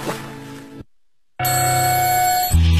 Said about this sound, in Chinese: 叫醒你的是闹钟，是梦想，还是你家的猫？